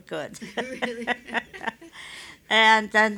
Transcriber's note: she laughs